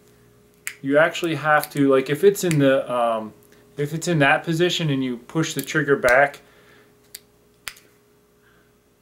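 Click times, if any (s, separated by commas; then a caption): 7.7 s. Someone talks, then the thumb trigger of a handheld Spot Hogg Friday Night Delight archery release is pushed back and down until it re-engages. It clicks into its engaged position at 7.7 s with a short, sharp snap, a small noise that counts as a drawback when hunting.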